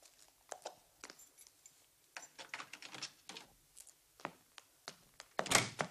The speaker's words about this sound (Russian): Бегом поднимается по лестнице, на ходу вытаскивая ключи.